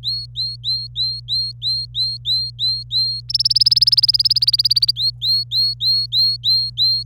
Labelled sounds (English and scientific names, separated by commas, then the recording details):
Domestic Canary (Serinus canaria) song
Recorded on 26 April 2018 at 07:36
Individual llb3